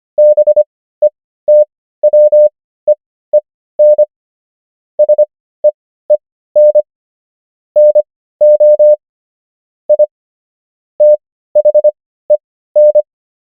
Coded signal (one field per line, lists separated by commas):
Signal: Morse code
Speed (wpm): 25 wpm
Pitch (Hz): 600 Hz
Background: none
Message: BETWEEN SEEN NO I THEN